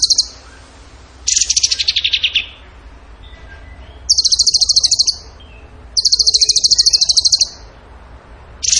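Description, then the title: Bird song: long, rapid, very high trills, one sliding downward, separated by short quiet gaps. Tembakan gacor song style, used as masteran to train other songbirds. "Masteran Burung Tembakan Gacor"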